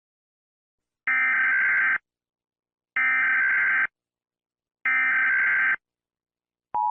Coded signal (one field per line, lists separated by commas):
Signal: Emergency Alert System (SAME) tones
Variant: header bursts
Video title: Don’t act weak eas scenario